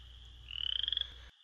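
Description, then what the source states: Midland Chorus Frog song: a short, high, rasping trill of quick pulses, like a thumbnail run along comb teeth, over a faint low hum. Calling male's song, resembling a thumbnail run firmly along the teeth of a hard plastic comb.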